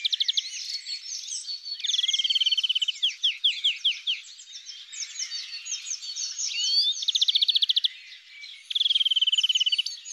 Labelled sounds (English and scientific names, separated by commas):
European Greenfinch (Chloris chloris) song